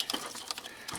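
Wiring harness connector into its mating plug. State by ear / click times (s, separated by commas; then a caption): not seated / none. Someone pushes the two plastic halves of a wiring harness connector together one-handed, trying to join it to its mating plug during radiator and hose work on a 2003–2007 Honda Accord. Short plastic taps and scrapes sound at about 0.0, 0.1, 0.5, 0.9 and 1.1 seconds. The connector does not latch, and nothing has seated or clicked yet.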